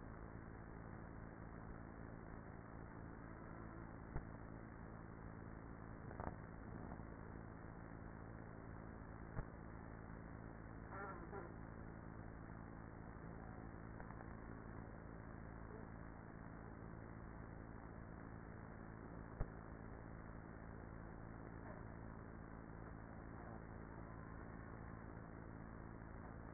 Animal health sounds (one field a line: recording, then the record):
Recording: honeybee colony, microphone inside the hive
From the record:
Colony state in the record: queenless with a low population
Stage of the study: after two queens were removed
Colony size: about 30,000 bees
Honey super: no